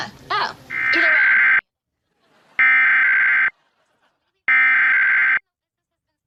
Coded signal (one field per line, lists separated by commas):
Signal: Emergency Alert System (SAME) tones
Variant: header bursts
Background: speech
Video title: The Wonders of Open CAP... (North Carolina Required Monthly EAS Test) | EAS #1661-1675 (10/11/2021)